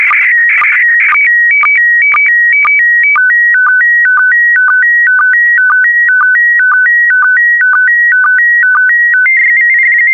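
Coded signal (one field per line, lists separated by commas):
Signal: SSTV (slow-scan television)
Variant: PD120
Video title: (04 of 12) ISS Expedition 61 - MAI-75 January 2020 - Retransmission SSTV PD120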